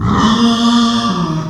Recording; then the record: squeal of a Yucatan mini pig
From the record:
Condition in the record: after surgery on the right vocal fold (resection and tissue-engineered implant); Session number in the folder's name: 16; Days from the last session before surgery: 183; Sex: female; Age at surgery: 19 weeks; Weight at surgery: 25 kg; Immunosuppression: prednisolone